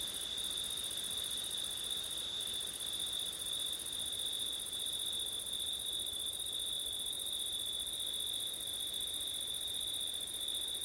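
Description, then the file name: Cricket chorus, a level, ringing high trill with two short drops in the upper tone early. Crickets on a windy September night, ORTF stereo microphone setup. "crickets wind september night ortif"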